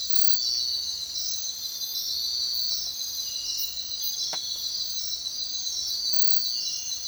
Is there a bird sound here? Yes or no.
no